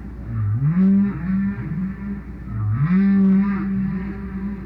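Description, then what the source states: Whale song of two long rising moans, each sweeping up then holding a steady tone, with faint higher harmonics and low background rumble. Solo whale.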